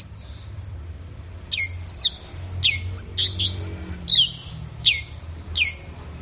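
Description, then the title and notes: Orange-headed thrush song of short sharp downslurred notes with whistles, in an irregular series, over a low hum. Bird in full song (gacor), used for training songbirds. "Anis Merah Gacor Teler Untuk. Kumpulan Suara Burung Anis"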